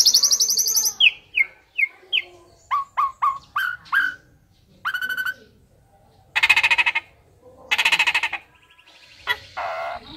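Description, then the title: Asian pied starling song, a series of falling whistles and short clear notes, followed by loud harsh raspy bursts. Tutor recording of 'jalak suren' song, used to train caged birds that sing too little or are sluggish. "Masteran Jalak Suren Atasi Burung KURANG GACOR Dan LOYO"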